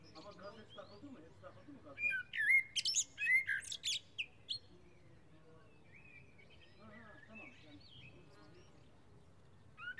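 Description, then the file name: Common blackbird sings one phrase of rich whistled notes and sharp high twitters, then softer background sounds continue for several seconds. "Turdus merula"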